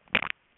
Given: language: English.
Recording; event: throat vibration sensor signal played as sound; swallow